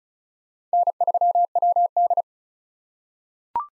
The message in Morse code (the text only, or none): N3WD